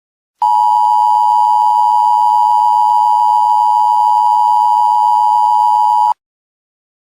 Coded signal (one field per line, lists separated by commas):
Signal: Emergency Alert System (SAME) tones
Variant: 853 and 960 Hz attention tone